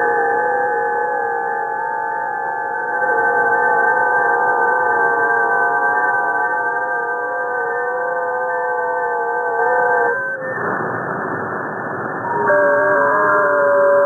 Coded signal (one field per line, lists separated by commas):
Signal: FT8